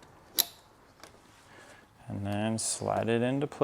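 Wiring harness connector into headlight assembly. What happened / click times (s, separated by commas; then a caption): The connector clicked into place / 0.4 s. A wiring harness connector is pushed onto the rear of a BMW E60 headlight assembly during reinstallation, after a lens replacement. A sharp, short click at 0.4 s shows the connector seated, followed by a fainter tick near 1.0 s. Someone then talks.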